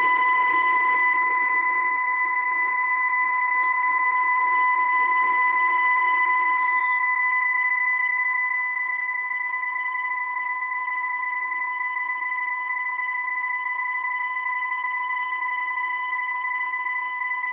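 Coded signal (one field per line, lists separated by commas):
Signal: PSK31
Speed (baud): 31.25 baud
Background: radio noise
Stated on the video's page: Digital modes test from VOA Radiogram on 17860 kHz.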